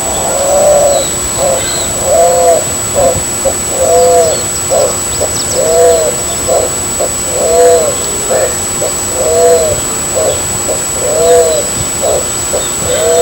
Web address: sonidos Columba maculosa - Paloma de ala manchada